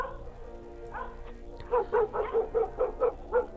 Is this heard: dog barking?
yes